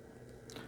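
A tiny micro coaxial antenna-wire connector is lined up with the socket on a 2.4GHz RC receiver circuit board and pushed on. Over a low, steady background hum, a sharp, bright snap comes at 0.5 s and a second, softer click follows at 0.6 s. The connector seats firmly on the board.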